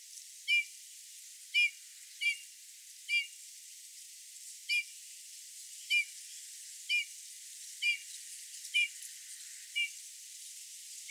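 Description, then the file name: Eurasian bullfinch giving soft whistled call notes, about ten of them at roughly one-second intervals, with constant hissing noise underneath. "Pyrrhula pyrrhula"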